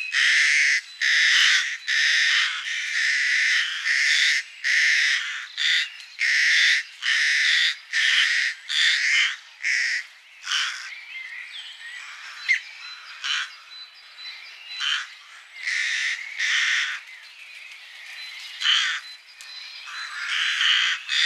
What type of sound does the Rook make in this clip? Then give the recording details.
song. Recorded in the wild. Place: March - Hugstetten /Breisgau, Baden-Württemberg, DE. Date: 2009-04-05. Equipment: MiniDisc Sharp MT 20 H. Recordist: Schwarz, Dieter. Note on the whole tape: Song